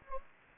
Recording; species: mosquito wingbeat signal from an infrared sensor; Anopheles gambiae